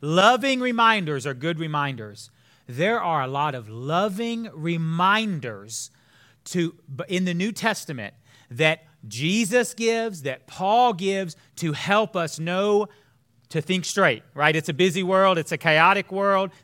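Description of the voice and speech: One man speaks in a steady sermon-style monologue with clear voicing, a mid pitch, natural phrasing and brief pauses between phrases. Articulation and fluency are ordinary, with no disordered speech features.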